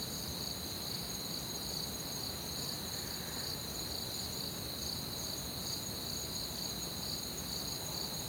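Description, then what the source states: Crickets chirping in a steady, dense chorus of high pulsing trills that run unbroken throughout, with a soft low background hiss. Crickets at night in an orchard, recorded from a balcony on a Zoom H6; some compression and reverb added.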